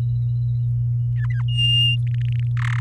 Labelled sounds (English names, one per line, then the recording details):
Domestic Canary song
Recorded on 11 May 2018 at 06:06
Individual llb16